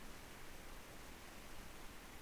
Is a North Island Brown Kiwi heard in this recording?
no